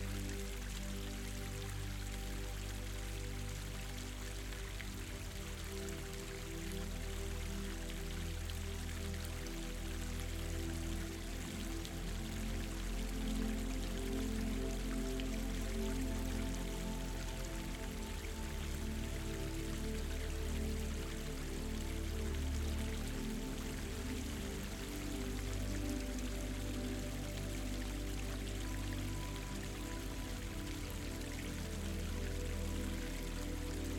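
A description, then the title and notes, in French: A stream runs steadily throughout, a dense, even wash of flowing water with a fine bright hiss on top. Beneath it, soft sustained music holds low, slowly shifting tones, and the level stays constant across the whole passage. Son Relaxant d'un RUISSEAU et d'une MUSIQUE Douce.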